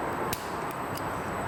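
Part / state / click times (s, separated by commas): clutch plate into clutch basket grooves / partly seated / 0.3 s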